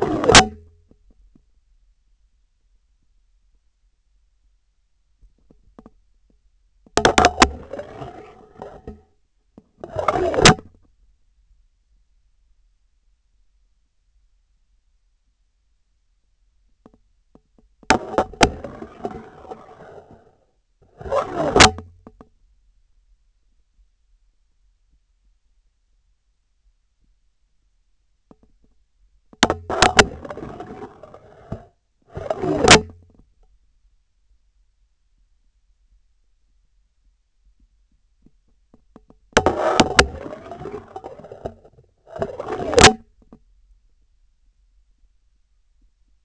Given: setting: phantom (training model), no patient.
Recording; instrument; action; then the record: laparoscopic instrument, vibration sensor on the handle end; scissors; insertion and removal through the trocar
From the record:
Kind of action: spatial motion